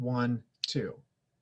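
An auto-locking carabiner is handled, its gate and locking sleeve worked against the nose, while someone talks throughout. Nothing has seated or clicked yet; the gate has not snapped shut and locked by the end of the clip.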